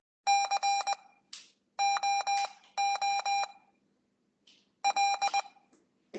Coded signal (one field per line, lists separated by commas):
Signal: Morse code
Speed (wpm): 19 wpm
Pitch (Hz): 800 Hz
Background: none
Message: COOL